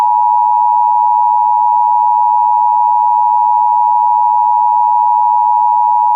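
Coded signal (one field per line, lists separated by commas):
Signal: Emergency Alert System (SAME) tones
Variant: 853 and 960 Hz attention tone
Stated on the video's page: Fictional DIRECTV-style mock EAS alert based on a dream; not real.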